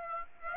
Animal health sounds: mosquito wingbeat signal from an infrared sensor; Aedes aegypti

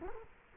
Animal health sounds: mosquito wingbeat signal from an infrared sensor; Culex quinquefasciatus

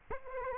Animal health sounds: mosquito wingbeat signal from an infrared sensor; Aedes aegypti

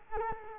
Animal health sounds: mosquito wingbeat signal from an infrared sensor; Culex quinquefasciatus

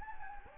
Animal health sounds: mosquito wingbeat signal from an infrared sensor; Anopheles gambiae

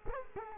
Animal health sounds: mosquito wingbeat signal from an infrared sensor; Culex quinquefasciatus

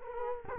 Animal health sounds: mosquito wingbeat signal from an infrared sensor; Culex quinquefasciatus

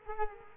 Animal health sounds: mosquito wingbeat signal from an infrared sensor; Culex quinquefasciatus

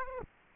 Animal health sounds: mosquito wingbeat signal from an infrared sensor; Aedes aegypti

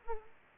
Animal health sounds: mosquito wingbeat signal from an infrared sensor; Culex pipiens

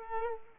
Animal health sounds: mosquito wingbeat signal from an infrared sensor; Culex pipiens

